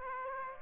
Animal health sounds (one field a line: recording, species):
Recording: mosquito wingbeat signal from an infrared sensor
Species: Aedes aegypti